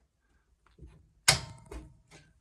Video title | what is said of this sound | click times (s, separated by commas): Flat Pack Attitude | there you go and then that kind of locks it in place so | 1.3 s